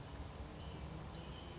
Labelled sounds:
Brown Creeper
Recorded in Sonoma County, California

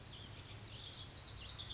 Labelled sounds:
Pacific Wren
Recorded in Sonoma County, California

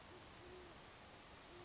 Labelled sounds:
Great Horned Owl
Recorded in Sonoma County, California

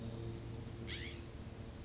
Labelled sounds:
California Scrub-Jay
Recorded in Sonoma County, California

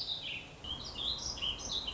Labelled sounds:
Warbling Vireo
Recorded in Sonoma County, California

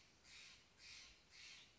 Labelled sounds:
Steller's Jay
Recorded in Sonoma County, California

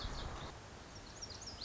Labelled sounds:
Lazuli Bunting
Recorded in Sonoma County, California

